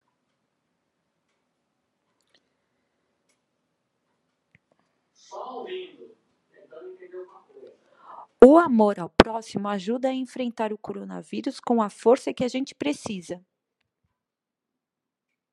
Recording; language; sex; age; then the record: spoken sentence; Brazilian Portuguese; female; 40 to 49 years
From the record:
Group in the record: control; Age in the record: 47 years